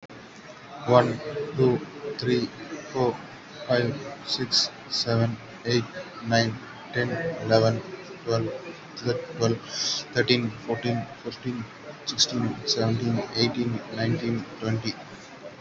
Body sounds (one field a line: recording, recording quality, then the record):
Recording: counting at a normal pace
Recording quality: excellent, no background noise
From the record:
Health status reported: COVID-19 positive, mild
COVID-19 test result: positive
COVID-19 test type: RT-PCR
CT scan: taken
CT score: 6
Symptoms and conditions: cough, cold, breathing difficulty, sore throat, fever, fatigue, muscle pain, loss of smell and taste, diarrhoea, diabetes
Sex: male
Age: 36 years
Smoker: yes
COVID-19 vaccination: both doses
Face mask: not worn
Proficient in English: yes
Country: India